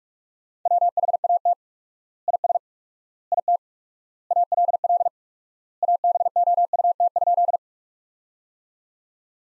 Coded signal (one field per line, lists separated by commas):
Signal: Morse code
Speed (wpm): 41 wpm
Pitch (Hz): 700 Hz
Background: none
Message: WHAT IS IT ALL ABOUT?